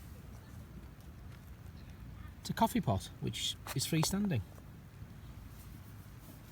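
A flat-pack filter coffee pot is being handled on its way to being folded into its freestanding shape while someone talks over a steady low background hiss. Nothing has seated or clicked into place yet by the end of the clip.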